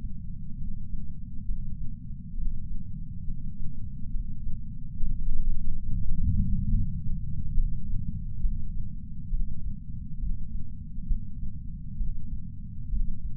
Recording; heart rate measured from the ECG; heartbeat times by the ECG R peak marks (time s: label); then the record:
heart sounds by patch sensor on the chest; 68 bpm
0.58 s: heartbeat
1.46 s: heartbeat
2.35 s: heartbeat
3.25 s: heartbeat
4.12 s: heartbeat
5.00 s: heartbeat
5.87 s: heartbeat
6.71 s: heartbeat
7.55 s: heartbeat
8.42 s: heartbeat
9.31 s: heartbeat
10.20 s: heartbeat
11.08 s: heartbeat
11.98 s: heartbeat
12.90 s: heartbeat
From the record:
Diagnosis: coronary artery disease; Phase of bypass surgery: preoperative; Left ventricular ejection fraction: 43.1%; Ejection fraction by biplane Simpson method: 44.4%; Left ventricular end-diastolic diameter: 60 mm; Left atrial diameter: 37 mm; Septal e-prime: 5.3 cm/s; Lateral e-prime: 8.1 cm/s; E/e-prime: 7.6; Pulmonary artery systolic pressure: 20 mmHg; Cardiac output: 4.08 L/min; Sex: male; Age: 57 years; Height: 183 cm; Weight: 85 kg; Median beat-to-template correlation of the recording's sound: 0.82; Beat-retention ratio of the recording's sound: 0.97